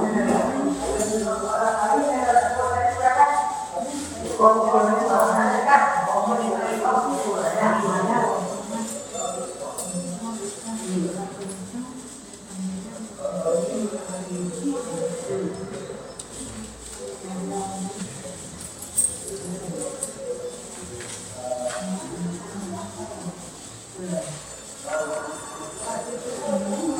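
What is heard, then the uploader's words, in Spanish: Voices talk in an indoor hospital workshop, with one speaker loud and lively over the first eight seconds before the talk drops back into a softer murmur of several people. A thin steady high hiss runs throughout, with occasional light clicks and knocks. Oficinas en el hospital Carrio, Callao. Created with Dolby.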